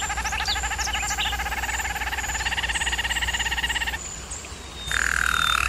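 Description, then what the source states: German Roller canary giving a fast pulsed tour, pausing briefly, then resuming with a bright steady rolling trill; faint high chirps throughout. German Roller canary singing, for canary training.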